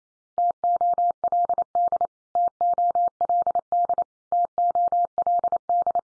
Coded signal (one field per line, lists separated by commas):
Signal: Morse code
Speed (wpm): 28 wpm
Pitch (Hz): 700 Hz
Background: none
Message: TOLD TOLD TOLD